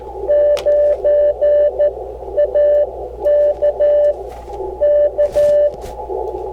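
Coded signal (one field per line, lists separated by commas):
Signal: Morse code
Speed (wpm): 14 wpm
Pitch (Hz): 590 Hz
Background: radio noise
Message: 9 AK K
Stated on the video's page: An actual Morse code QSO made while operating portable on hiking trails.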